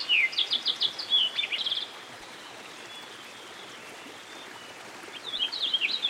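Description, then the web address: American goldfinch singing a fast jumble of chirps and down-slurred notes, pausing, then resuming briefly near the end, with continuous flowing-water noise behind. By a stream. "Dan Gibson Songbirds By The Stream. American Goldfinch"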